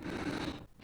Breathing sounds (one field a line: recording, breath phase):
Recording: one breath near a microphone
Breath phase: exhalation